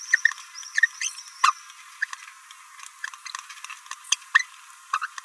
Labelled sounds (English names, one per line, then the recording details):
Green-rumped Parrotlet babbling
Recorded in a nest box in Venezuela
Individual 18B17A3